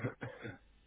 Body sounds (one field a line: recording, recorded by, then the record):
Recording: voluntary cough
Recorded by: telephone call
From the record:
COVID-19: negative